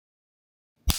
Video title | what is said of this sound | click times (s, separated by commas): DJI OSMO ACTION 4 - Telesin waterproof housing case review | snaps in place | 0.9 s